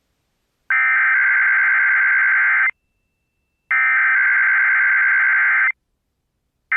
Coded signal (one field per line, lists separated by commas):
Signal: Emergency Alert System (SAME) tones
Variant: header bursts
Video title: GET "PIPE"D UP! | EAS Tests from 4/26/23 (EAS #1848-1856)